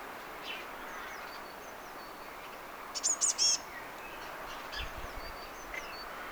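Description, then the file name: Eurasian blue tit call: a single brief burst of a few very high, thin notes, then faint chirps in quiet background hiss. "Cyanistes caeruleus"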